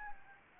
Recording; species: mosquito wingbeat signal from an infrared sensor; Anopheles gambiae